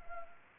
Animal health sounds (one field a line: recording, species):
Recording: mosquito wingbeat signal from an infrared sensor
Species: Anopheles arabiensis